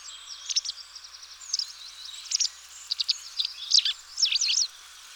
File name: motacilla alba